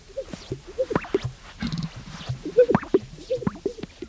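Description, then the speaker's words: Greater Sage-Grouse displaying, with popping and gurgling bursts repeated irregularly throughout. Fifteen males strutting on their traditional display area amid sagebrush at dawn on a brisk March morning in the western sagebrush country; mating call and dance. "the greater sage grouse is perhaps most well known for its unique mating call and dance."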